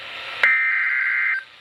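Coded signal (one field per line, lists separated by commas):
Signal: Emergency Alert System (SAME) tones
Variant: header bursts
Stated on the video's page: Three flood warnings from NWS St. Louis on NOAA Weather Radio station KDO89 St. Louis, Missouri.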